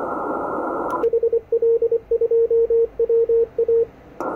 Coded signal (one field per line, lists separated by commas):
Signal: Morse code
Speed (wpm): 24 wpm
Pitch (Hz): 460 Hz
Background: radio noise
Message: HL2WA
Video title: 9XΦT, Rwanda AFRICA, 21MHz, CW, Worked by HL2WA